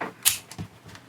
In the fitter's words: you'll hear little clicks like this but it's just the clips uh freeing up and releasing